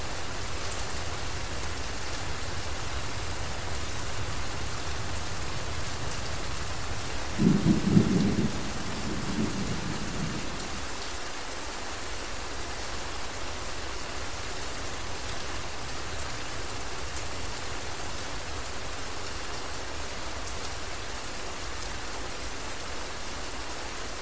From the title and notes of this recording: Thunder And Rain Sounds For Sleeping.